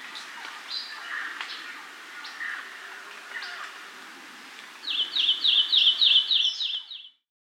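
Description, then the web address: Lemon-chested greenlet delivering a rapid run of clipped, high downslurred notes near the end, after scattered faint chirps. South America. "Natures Songs S America Lemon-chested Greenlet"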